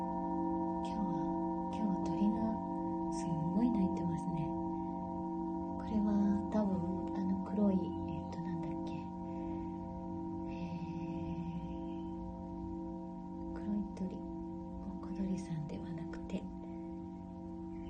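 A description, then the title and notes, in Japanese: A singing bowl hums steadily in long sustained tones throughout, while scattered small bird chirps and short twitters flicker above it every few seconds. メキシコから おやすみシンギングボウルのサウンドヒーリング。小鳥さんの声とSinging Bowlの音。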